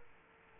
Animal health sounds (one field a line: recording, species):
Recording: mosquito wingbeat signal from an infrared sensor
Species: Aedes aegypti